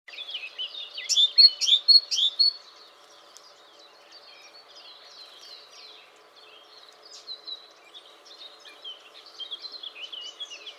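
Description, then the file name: Great tit calls: a burst of sharp, high notes in the first seconds, followed by quieter, scattered chips and short whistles over a faint steady hum. "Parus major"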